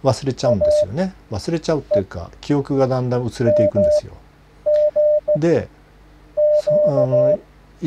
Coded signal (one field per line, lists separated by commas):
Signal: Morse code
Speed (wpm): 16 wpm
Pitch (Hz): 600 Hz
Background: speech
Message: AE MGQ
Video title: モールス信号覚え方 モールス符号を短期間で且つ正確に覚える方法 PART1 JJ1IZW （たった13の語呂合わせで覚える新合調法の紹介）